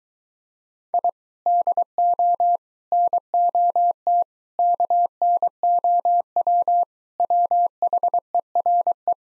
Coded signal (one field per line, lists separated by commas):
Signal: Morse code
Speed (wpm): 23 wpm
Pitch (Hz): 700 Hz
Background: none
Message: I DO NOT KNOW WHERE